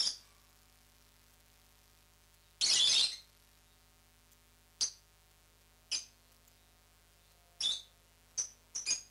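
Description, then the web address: Rosy-faced lovebird giving scattered shrill, high chirps, one longer harsh burst near the start, then short sharp notes spaced a second or so apart, bunching closer together at the end, in a quiet background. "popugai-nerazluchniki -penie-nerazluchnikov. agapornis roseicollis"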